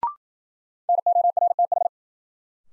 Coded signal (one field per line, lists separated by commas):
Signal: Morse code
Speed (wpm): 55 wpm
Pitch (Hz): 700 Hz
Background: none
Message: NORTH